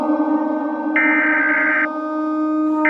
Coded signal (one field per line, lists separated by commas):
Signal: Emergency Alert System (SAME) tones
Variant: header bursts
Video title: EAS SCENARIO (EEUU) TORNADO